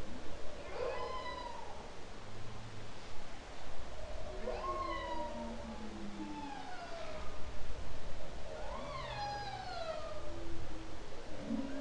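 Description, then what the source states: Humpback whale song, a sequence of rising and falling cries with strong overtones, some sliding downward, separated by lower moans over continuous low background noise. Song, October 2012.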